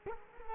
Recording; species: mosquito wingbeat signal from an infrared sensor; Culex quinquefasciatus